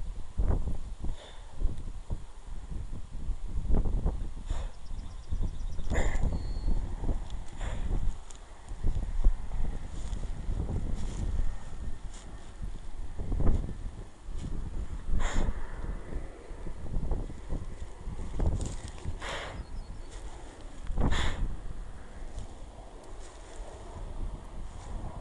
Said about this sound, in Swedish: Fan vad det blåser upp. Fan vad det blåser upp här, så.